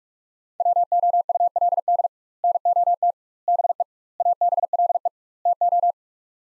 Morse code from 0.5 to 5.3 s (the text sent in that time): WOULD NOT BE ABLE